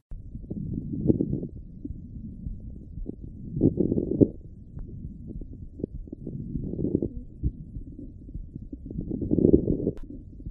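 Soft, low breath sounds rise and fall about four times in ten seconds, with brief popping clicks scattered through them. These are lung crackles, which usually mean fluid in the lungs or inflammation or scarring of lung tissue, a sign of a potentially serious lung problem.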